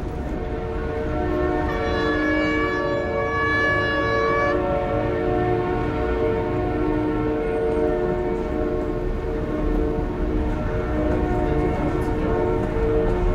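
An RER commuter train in the underground station below Place de la Nation: a loud, continuous rumble with a steady droning tone, plus a brighter whistling layer for a few seconds early on, and no voices.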